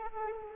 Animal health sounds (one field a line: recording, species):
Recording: mosquito wingbeat signal from an infrared sensor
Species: Anopheles arabiensis